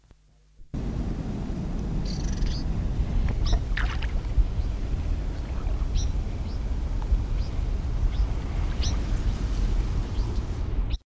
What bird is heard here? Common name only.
Rock Martin